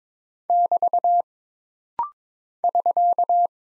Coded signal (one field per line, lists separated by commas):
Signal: Morse code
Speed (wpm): 22 wpm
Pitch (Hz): 700 Hz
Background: none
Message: <BT> <SK>